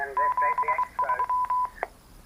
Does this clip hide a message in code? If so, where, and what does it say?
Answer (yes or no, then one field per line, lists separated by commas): yes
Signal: Morse code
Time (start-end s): 0.2-1.7 s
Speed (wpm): 23 wpm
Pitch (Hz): 1000 Hz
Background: speech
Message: 7 3